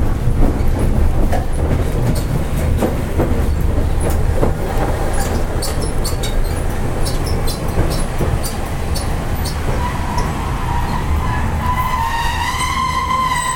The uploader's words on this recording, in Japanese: 阪堺電気軌道701形電車の走行音です。阪堺線で録音しました。区間は、我孫子道から恵美須町までです。阪堺電車701形 あびこ道から恵美須町まで。